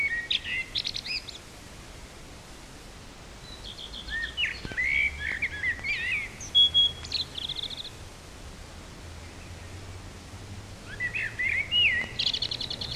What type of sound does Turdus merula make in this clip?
song